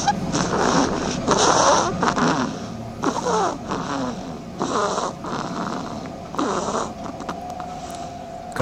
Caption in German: Zu den Schlafmäusen gehören eben auch die Haselmäuse. Und ich wusste gar nicht, dass die schnarchen, tun sie aber. Eine schnarchende Haselmaus.